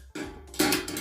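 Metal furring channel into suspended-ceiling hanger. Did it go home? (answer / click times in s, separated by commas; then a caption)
no / none. A metal furring channel for a suspended ceiling is being handled and pushed toward its metal hanger or suspension bracket so it can clip in, with music playing in the background. Metallic clatter comes in sharp bursts at about 0.5, 0.6 and 0.9 seconds. Nothing has seated or clicked into place yet.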